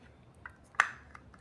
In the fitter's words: klip gitu loh, cuma diklik doang, diklip, dia nggak ngunci tapi seret